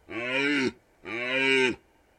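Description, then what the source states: Red deer stag giving two strong, even bellows of about two-thirds of a second each, separated by a brief gap. Stags rutting in the Carpathian Mountains, Bucovina, Romania.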